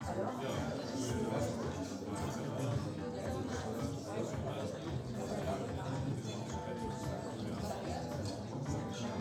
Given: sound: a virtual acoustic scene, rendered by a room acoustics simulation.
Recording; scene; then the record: noise of the scene; pub, with ISTS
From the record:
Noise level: 74 dB SPL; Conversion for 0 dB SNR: 1.6 dB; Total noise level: 75.6 dB SPL